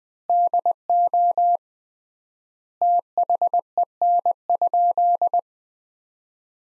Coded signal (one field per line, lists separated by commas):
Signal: Morse code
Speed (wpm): 21 wpm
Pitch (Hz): 700 Hz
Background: none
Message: DO THEN?